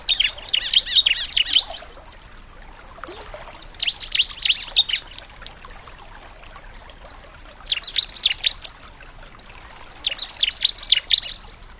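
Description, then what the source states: Bar-winged prinia song: four dense bursts of rapid high chirps, each lasting a second or more and separated by quieter gaps over steady hiss. Nature therapy recording for a ciblek that has stopped singing ('macet').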